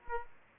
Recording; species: mosquito wingbeat signal from an infrared sensor; Aedes aegypti